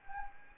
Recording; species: mosquito wingbeat signal from an infrared sensor; Anopheles arabiensis